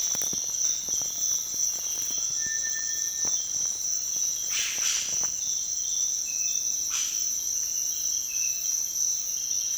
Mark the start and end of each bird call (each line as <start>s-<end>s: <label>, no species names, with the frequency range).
2.28s-3.31s: bird call (1.1-2.5 kHz)
4.50s-5.12s: bird call (1.1-9.7 kHz)
6.87s-7.29s: bird call (0.7-8.2 kHz)